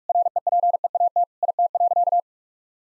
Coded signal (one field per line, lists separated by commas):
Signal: Morse code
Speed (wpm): 41 wpm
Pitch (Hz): 700 Hz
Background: none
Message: REPEAT IT.